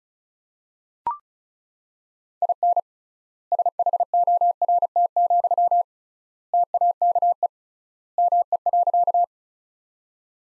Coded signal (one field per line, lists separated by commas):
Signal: Morse code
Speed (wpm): 36 wpm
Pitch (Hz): 700 Hz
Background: none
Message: IN SHORT, TAKE ME.